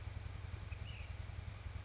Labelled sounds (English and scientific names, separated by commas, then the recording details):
Ash-throated Flycatcher (Myiarchus cinerascens)
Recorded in Sonoma County, California